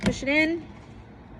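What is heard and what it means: A plastic dust bag with little ridges is being pushed onto a sander's vacuum adapter while someone briefly talks, followed by a quiet low background hum. The bag has not seated or snapped in yet.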